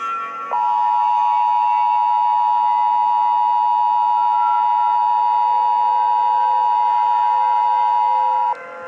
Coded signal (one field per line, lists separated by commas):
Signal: Emergency Alert System (SAME) tones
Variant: 853 and 960 Hz attention tone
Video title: EAS Scenario Tayo The Little Bus